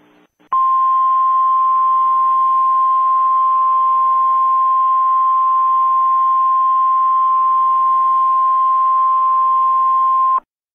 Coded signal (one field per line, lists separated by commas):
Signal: Emergency Alert System (SAME) tones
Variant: 1050 Hz attention tone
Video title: EAS Scenario - The Unknown Announcement